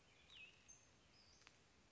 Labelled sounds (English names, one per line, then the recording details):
Cassin's Vireo
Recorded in Sonoma County, California